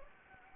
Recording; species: mosquito wingbeat signal from an infrared sensor; Anopheles gambiae